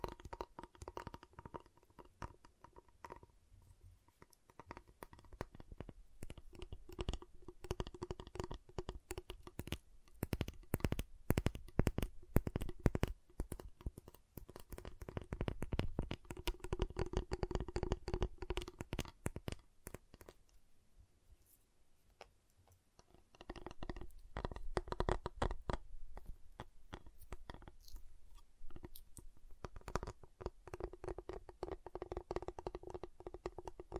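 Tapping and cutting on a giant chocolate bar: dense, rapid clicks and taps running through most of the recording, with busier bursts around 10–14 seconds and again from 15–19 seconds. A quieter pause falls near 21–23 seconds before steady tapping resumes.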